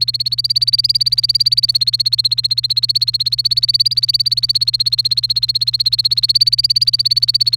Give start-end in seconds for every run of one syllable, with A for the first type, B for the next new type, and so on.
0.00-7.56 A